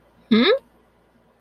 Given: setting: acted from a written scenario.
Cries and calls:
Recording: vocal sound without words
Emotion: confusion

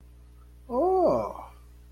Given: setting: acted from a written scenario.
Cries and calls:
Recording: vocal sound without words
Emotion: interest

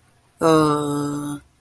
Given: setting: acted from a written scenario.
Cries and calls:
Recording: vocal sound without words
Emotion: shame

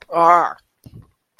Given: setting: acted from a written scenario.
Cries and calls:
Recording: vocal sound without words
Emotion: pain

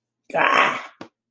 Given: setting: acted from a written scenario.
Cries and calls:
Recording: vocal sound without words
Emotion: pain

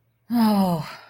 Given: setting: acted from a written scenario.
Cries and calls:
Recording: vocal sound without words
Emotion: relief

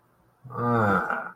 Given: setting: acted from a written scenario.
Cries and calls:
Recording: vocal sound without words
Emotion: desire

